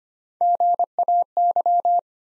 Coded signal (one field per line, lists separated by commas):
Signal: Morse code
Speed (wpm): 25 wpm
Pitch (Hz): 700 Hz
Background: none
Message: GAY